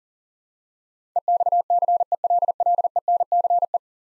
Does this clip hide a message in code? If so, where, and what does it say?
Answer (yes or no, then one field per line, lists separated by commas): yes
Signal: Morse code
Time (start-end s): 1.2-3.8 s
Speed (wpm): 40 wpm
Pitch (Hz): 700 Hz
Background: none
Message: EXCELLENCE